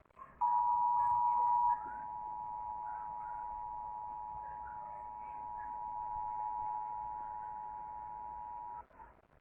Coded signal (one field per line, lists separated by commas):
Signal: Emergency Alert System (SAME) tones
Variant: 853 and 960 Hz attention tone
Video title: EAS Emergency Alert System Puking Warning